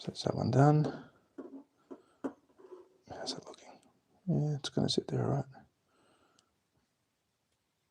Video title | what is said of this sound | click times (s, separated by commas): Let's build a kit and talk slot cars, RC and diecast | They're not clicking in. That's me. They're meant to click in, but I'm not getting him in there | none